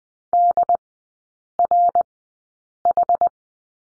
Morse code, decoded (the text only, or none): DRH